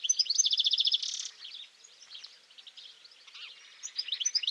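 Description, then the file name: European goldfinch, rapid twitter and a short buzzy trill at the start, then quieter scattered chirps before a brief burst of bright notes. "Carduelis carduelis"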